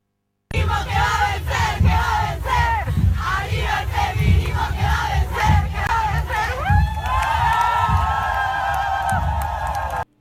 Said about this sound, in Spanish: Y ahí escuchábamos a las compañeras gritando arriba el feminismo que va a vencer porque el patriarcado se va a caer.